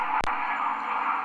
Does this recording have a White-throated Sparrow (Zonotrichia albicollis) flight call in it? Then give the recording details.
no. No flight call is heard. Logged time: 23:54 on 13 December 2014